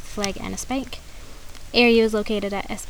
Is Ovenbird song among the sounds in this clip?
no